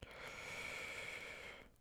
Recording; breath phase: one breath near a microphone; inhalation